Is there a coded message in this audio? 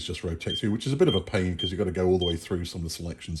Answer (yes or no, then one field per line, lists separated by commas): no